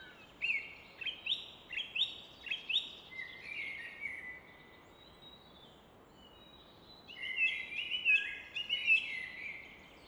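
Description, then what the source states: Common nightingale song with a series of loud, repeated swooping notes, a pause, then a fresh burst of bright chattering phrases; steady rushing noise underneath. Evening in Fläsch, Switzerland; rushing of the Rhine in the background reflected off a rock wall; recorded with Fostex FR2 and MKH 800.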